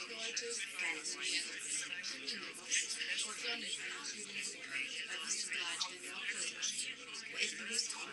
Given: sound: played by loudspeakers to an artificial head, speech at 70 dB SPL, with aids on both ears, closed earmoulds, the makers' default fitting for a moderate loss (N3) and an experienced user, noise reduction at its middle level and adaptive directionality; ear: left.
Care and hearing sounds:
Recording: speech test signal (ISTS) in cocktail-party noise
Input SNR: -3 dB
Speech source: on the right (90 degrees)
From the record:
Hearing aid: class 1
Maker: J

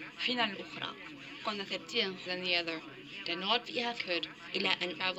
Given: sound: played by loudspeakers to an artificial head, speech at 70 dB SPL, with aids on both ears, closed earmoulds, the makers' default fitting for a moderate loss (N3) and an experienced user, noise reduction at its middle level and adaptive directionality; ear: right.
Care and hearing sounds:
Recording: speech test signal (ISTS) in cocktail-party noise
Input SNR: +6 dB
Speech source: on the right (90 degrees)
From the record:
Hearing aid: class 1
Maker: D

